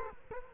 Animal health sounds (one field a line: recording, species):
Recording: mosquito wingbeat signal from an infrared sensor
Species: Culex quinquefasciatus